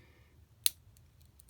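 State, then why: Seated. The plastic leg of a vintage Takara Transformers Generation One Metalhawk, a Japanese exclusive transforming robot toy, is folded up into vehicle mode so its hinged parts snap into small plastic clips on the body. A sharp, bright click at 0.7 s stands out over a quiet background, followed by a few faint ticks around 1.0, 1.4 and 1.5 s. The leg joint clicks into place and seats in its clips.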